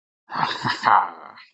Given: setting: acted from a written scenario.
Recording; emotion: vocal sound without words; triumph